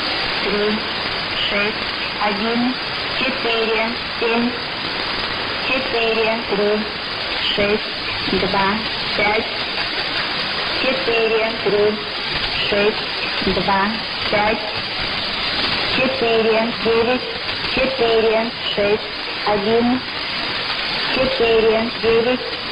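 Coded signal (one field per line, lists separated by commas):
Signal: numbers station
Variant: S06s, Russian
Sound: woman's voice reading short, evenly paced words, likely numbers, over hiss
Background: radio static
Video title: 03 04 2018 S06s Russian Lady numbers station in Russian to Eu 1100 on 6190 unknown tx site in CUSB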